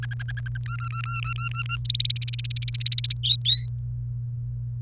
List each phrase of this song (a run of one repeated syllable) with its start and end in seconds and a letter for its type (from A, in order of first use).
0.03-0.57 A, 0.66-1.76 B, 1.85-3.13 C, 3.23-3.66 D